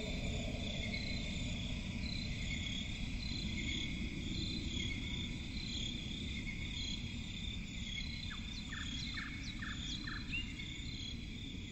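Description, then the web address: Cricket chorus of continuous high trills, with a few short, sharp chirps near the end and a steady low background rumble. Crickets in a forest at night, presented as relaxing ambience. "Forest and crickets at night. صدای-آرامبخش-جنگل-و-جیرجیرک"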